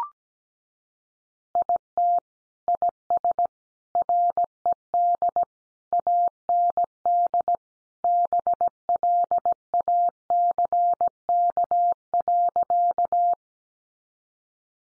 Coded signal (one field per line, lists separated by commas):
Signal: Morse code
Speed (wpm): 17 wpm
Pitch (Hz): 700 Hz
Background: none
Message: IT IS RED AND BLACK.